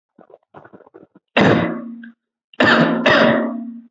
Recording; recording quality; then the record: heavy voluntary cough; poor, much background noise or distortion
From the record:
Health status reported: healthy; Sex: male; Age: 30 years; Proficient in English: yes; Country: India